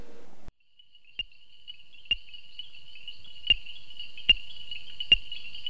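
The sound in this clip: Painted reed frog giving sharp clicking calls at irregular intervals, about one per second, over a steady high droning background after a brief low rumble at the start.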